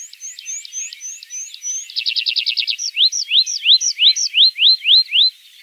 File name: konek lesnojj